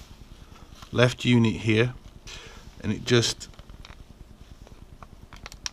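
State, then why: Seated. The left plastic wing unit of a Bandai TIE Striker 1:72 scale model kit is pressed onto the model body while someone talks. A few small plastic ticks follow, then a sharp click at 5.7 s as the wing seats firmly in place.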